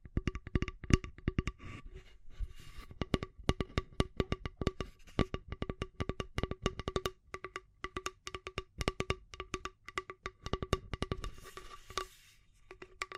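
Rapid tapping and scratching runs through the whole stretch, a dense, irregular stream of sharp clicks with little space between them. Each tap has a slightly ringing, hollow tone. The rhythm loosens briefly near the end, with a soft scrape around twelve seconds.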